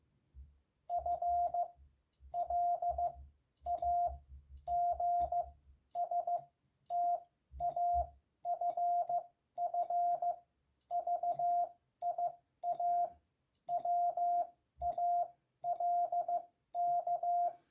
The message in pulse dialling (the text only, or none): none